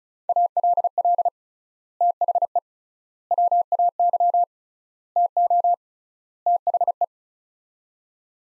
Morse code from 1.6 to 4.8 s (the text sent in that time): THE WAY